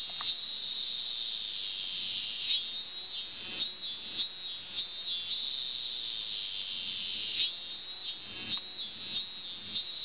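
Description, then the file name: Cicada song, a steady shrill high-pitched buzz held almost without pause, with several short wavering dips. "Singing cicada"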